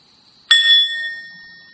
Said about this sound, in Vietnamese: Là khi nghe tiếng chuông, mình không có nói chuyện, mình không có suy nghĩ, mình theo dõi hơi thở, mình lắng dịu thân tâm, mình để thật tiếng chuông đưa mình trở về với trái tim của mình, thì như vậy mới đúng cái truyền thống.